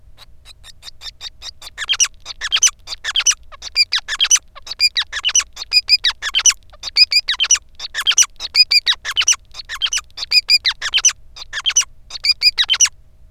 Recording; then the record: song of a male Bengalese finch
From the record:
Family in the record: son of father 5